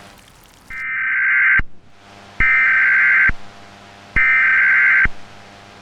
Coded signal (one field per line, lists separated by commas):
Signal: Emergency Alert System (SAME) tones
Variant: header bursts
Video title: EAS Simulation: The Oort Cloud Reckoning – Earth’s Final Broadcast